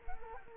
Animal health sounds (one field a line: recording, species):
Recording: mosquito wingbeat signal from an infrared sensor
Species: Culex quinquefasciatus